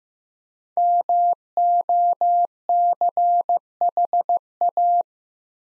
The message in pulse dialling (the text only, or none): none